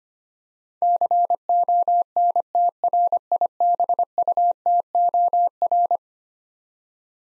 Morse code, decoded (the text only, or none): CONTRIBUTOR